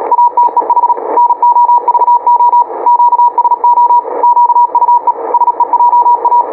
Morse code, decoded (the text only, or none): ATEH NOVO QSO QUE SEJA